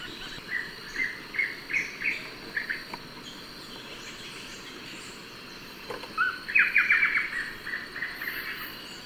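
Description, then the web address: Blackish Antbird song: a fast series of descending notes preceded by a rising note, with softer notes before it and a steady high insect drone. Ecuador. "Natures Songs S America Birds of Ecuador Blackish Antbird"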